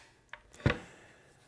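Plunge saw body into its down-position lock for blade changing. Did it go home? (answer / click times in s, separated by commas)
yes / 0.3 s, 0.7 s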